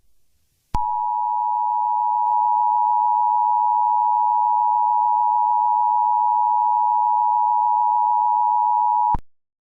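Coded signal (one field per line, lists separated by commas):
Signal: Emergency Alert System (SAME) tones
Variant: 853 and 960 Hz attention tone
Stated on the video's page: Fictional EAS scenario.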